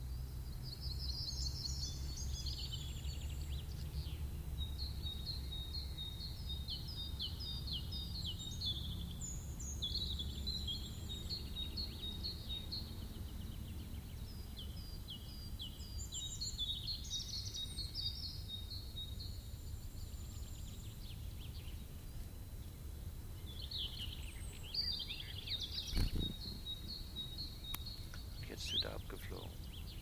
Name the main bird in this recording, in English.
Common Chiffchaff